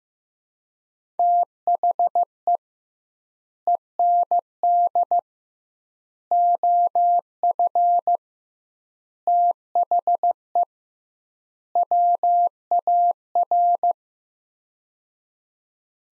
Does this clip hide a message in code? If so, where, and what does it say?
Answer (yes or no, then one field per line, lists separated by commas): yes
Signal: Morse code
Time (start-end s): 1.2-13.9 s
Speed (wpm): 15 wpm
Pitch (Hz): 700 Hz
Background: none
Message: THE END OF THE WAR